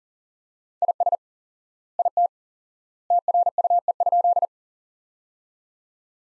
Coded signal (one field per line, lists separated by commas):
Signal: Morse code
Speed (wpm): 40 wpm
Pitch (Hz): 700 Hz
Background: none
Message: IS IT TRUE?